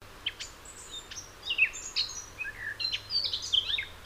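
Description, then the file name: Eurasian blackcap singing a quick, jumbled warble of sharp high notes and short whistles, with a faint low hum underneath. "Sylvia atricapilla"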